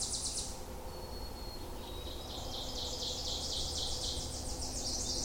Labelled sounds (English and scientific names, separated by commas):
Ovenbird (Seiurus aurocapilla) song